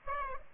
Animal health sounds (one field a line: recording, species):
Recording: mosquito wingbeat signal from an infrared sensor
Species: Culex pipiens